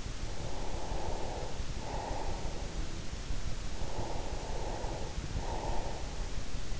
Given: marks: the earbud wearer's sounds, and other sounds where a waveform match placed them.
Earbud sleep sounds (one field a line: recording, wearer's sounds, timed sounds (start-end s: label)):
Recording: sounds in sleep by an in-ear microphone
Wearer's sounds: breath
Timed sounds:
0.35-2.82 s: breath
3.86-6.33 s: breath